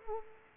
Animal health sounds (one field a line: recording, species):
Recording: mosquito wingbeat signal from an infrared sensor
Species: Culex quinquefasciatus